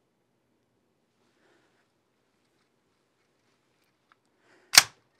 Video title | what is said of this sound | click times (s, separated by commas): New S&W Folding Pistol Carbine! NOT A Sub 2k Knock Off | hear that click | 4.8 s